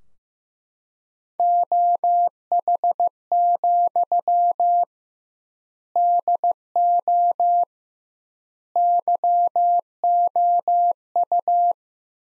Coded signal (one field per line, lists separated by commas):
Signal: Morse code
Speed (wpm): 15 wpm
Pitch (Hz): 700 Hz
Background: none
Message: OH, DO YOU